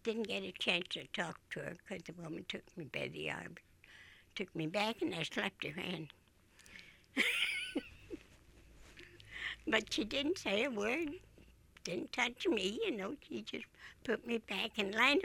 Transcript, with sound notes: Didn't get a chance to talk to her because the woman took me by the arm, took me back and I slapped her hand. [Laughs] But she didn't say a word, didn't touch me, you know. She just put me back in line.